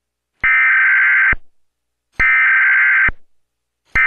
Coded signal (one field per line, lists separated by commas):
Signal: Emergency Alert System (SAME) tones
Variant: header bursts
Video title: EMERGENCY ALERT SYSTEM TEST